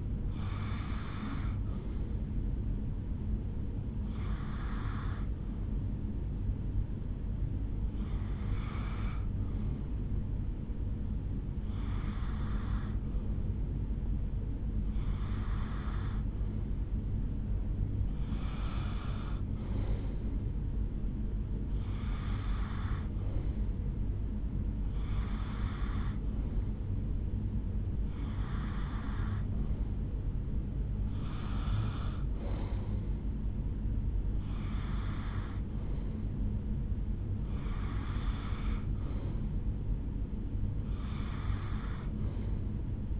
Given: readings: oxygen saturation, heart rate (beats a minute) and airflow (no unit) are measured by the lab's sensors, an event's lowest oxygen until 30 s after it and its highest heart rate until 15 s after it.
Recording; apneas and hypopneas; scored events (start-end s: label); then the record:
breathing in sleep by a smartphone at the bedside; 1
10.00-36.00 s: hypopnea (N1, oxygen 96% highest, then 92% lowest, heart rate 72 at the start, 77 highest)
From the record:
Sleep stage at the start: N1 (lightest sleep); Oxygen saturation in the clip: 83 to 96%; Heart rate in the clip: 71 to 81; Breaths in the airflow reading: 13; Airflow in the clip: -7.2 to 5.1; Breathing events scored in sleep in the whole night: 449 in 7.0 hours asleep